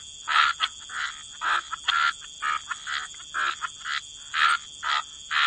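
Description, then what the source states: Frogs giving short, separate raspy croaks about twice a second, each burst brief and buzzy, with a thin continuous whine in the background. Frog chorus.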